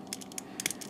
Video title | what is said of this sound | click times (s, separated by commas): S.H.Figuarts Dragon Ranger Review | there we go then we hear the popping noise now see that's how you switch it out very easy and simple even easy if you're not me | 0.7 s